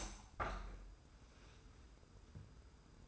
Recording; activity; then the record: daily activity, microphone in the room; open window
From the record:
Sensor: 2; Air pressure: 990.2 hPa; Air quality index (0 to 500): 198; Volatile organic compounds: 1000 ppm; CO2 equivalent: 6303 ppm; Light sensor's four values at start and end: 24/56/23/23 and 23/55/22/22